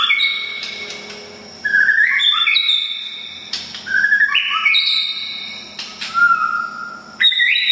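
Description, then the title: Oriental magpie-robin singing sustained whistles and short rising slurs in bursts, with brief quieter gaps between phrases. "kacer"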